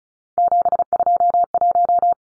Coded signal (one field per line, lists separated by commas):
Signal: Morse code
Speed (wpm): 34 wpm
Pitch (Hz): 700 Hz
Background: none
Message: 721